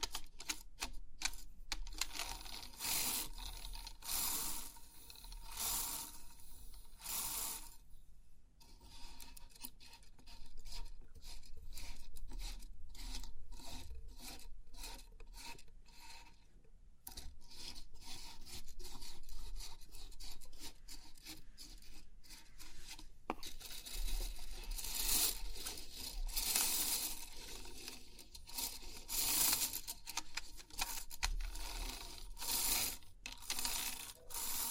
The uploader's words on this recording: Crisp 3D Pin Art Tingles(No Talking).